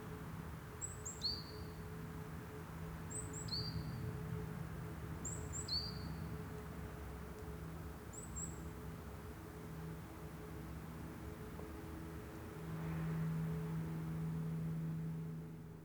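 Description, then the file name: Great tit with three faint, high, thin phrases of a quick double note and a short falling whistle, then a lone double note near eight seconds, then only a low humming drone. "Parus major"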